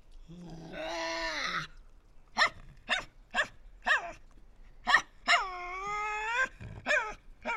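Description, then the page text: Tasmanian devil screeches: a brief wavering cry, a run of sharp clicking snaps, then a longer drawn-out whining wail with more snaps after. Resident devils inside an enclosure at a conservation facility at Cradle Mountain, Tasmania, October 24, 2007. "Birdsong for the Curious Naturalist. Tasmanian devil. Inside an enclosure at the world-class conservation facility at Cradle Mountain, Tasmania"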